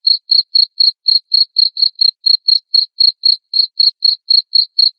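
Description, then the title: Cricket chirping continuously, crisp high-pitched pulses at a steady rate of about four per second, with no other sounds. Loud cricket chirping (ngerik) played to make lovebirds sing (ngekek) continuously. "Suara JANGKRIK NGERIK Keras Bikin LOVEBIRD Jadi NGEKEK Terus Vubey"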